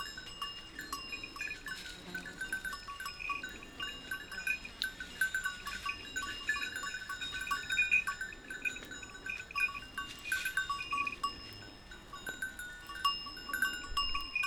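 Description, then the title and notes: Goats' bells tinkle at random throughout, several bells ringing, with occasional louder rings. A few goats grazing on a sloping meadow, their bells tinkling at random; Montcel near Chambéry, Savoie, France. "Village Tipi, Route du Revard, Chalets de la Clusaz, Montcel, Chambéry, Savoie, Auvergne-Rhône-Alpes, France métropolitaine, 73100, France - Les chèvres. Quelques chèvres broutent dans une prairie en pente, le raffiné tintement aléatoire de leurs clochettes empli l'espace, un discret criquet stridule dans les herbes"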